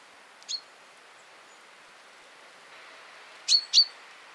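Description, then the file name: Common chaffinch giving a soft single note, then after a pause two louder, sharp notes close together, over light steady hiss. "Fringilla coelebs"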